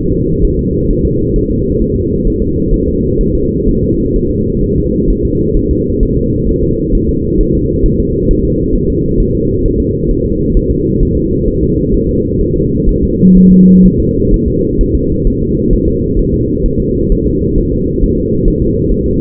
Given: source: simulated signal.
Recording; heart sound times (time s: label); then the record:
fetal heart sounds
0.12 s: S2
0.44 s: S1
0.59 s: S2
0.91 s: S1
1.05 s: S2
1.36 s: S1
1.51 s: S2
1.82 s: S1
1.96 s: S2
2.27 s: S1
2.42 s: S2
2.74 s: S1
2.88 s: S2
3.21 s: S1
3.35 s: S2
3.69 s: S1
3.83 s: S2
4.16 s: S1
4.31 s: S2
4.64 s: S1
4.78 s: S2
5.10 s: S1
5.25 s: S2
5.57 s: S1
5.71 s: S2
6.03 s: S1
6.17 s: S2
6.49 s: S1
6.63 s: S2
6.95 s: S1
7.09 s: S2
7.41 s: S1
7.55 s: S2
7.86 s: S1
8.00 s: S2
8.31 s: S1
8.45 s: S2
8.76 s: S1
8.90 s: S2
9.20 s: S1
9.35 s: S2
9.66 s: S1
9.80 s: S2
10.11 s: S1
10.25 s: S2
10.57 s: S1
10.71 s: S2
11.03 s: S1
11.17 s: S2
11.48 s: S1
11.63 s: S2
11.94 s: S1
12.09 s: S2
12.41 s: S1
12.56 s: S2
12.89 s: S1
13.03 s: S2
13.37 s: S1
13.52 s: S2
13.86 s: S1
14.00 s: S2
14.34 s: S1
14.48 s: S2
14.81 s: S1
14.95 s: S2
15.27 s: S1
15.42 s: S2
15.73 s: S1
15.88 s: S2
16.19 s: S1
16.34 s: S2
16.66 s: S1
16.80 s: S2
17.12 s: S1
17.27 s: S2
17.58 s: S1
17.73 s: S2
18.03 s: S1
18.18 s: S2
18.48 s: S1
18.62 s: S2
18.92 s: S1
19.06 s: S2
From the record:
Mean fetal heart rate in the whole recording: 130 bpm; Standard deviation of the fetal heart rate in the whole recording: 4 bpm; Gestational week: 38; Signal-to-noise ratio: -10.2 dB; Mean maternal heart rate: 72 bpm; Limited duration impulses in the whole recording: present